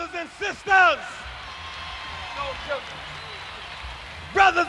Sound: soundbite of crowd cheering

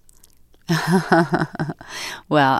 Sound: soundbite of laughter

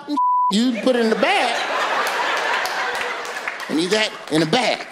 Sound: laughter

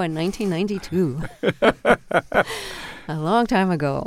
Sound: laughter

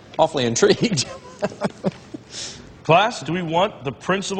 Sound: soundbite of laughter

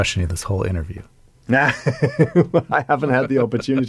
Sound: laughter

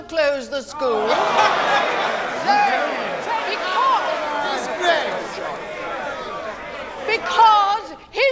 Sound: jeering

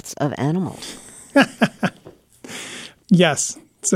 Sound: soundbite of laughter

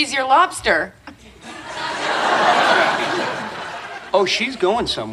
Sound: soundbite of laughing

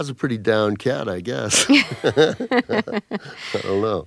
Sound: laughter

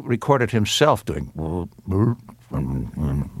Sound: soundbite of grunts

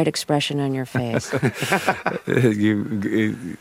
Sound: laughter

